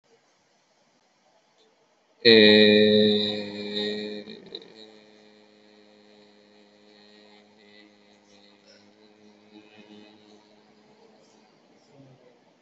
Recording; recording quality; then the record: sustained vowel as in made; excellent, no background noise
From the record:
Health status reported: COVID-19 positive, moderate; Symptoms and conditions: cough, cold, breathing difficulty, sore throat, fever, loss of smell and taste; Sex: male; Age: 23 years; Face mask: not worn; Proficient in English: yes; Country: India